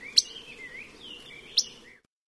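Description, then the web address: Akikiki calls, two short high notes more than a second apart. Kauai; soft, short, uninflected call note, the most often heard and most distinctive Akikiki call. "Voices Kauai. Akikiki"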